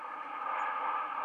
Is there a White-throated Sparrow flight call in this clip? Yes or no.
no